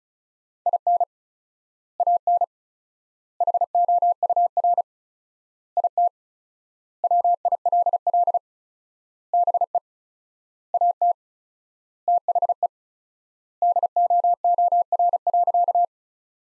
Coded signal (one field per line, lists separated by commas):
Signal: Morse code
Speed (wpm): 36 wpm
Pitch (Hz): 700 Hz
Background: none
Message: IN AN HOUR IT WILL BE AT THE DOOR.